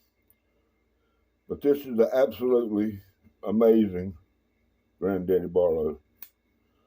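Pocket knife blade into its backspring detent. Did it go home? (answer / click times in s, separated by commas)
yes / 6.2 s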